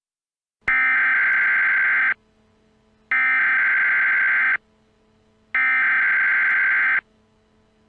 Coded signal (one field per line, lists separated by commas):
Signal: Emergency Alert System (SAME) tones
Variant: header bursts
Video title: EAS Scenario Labor Day Special: Attack on D.C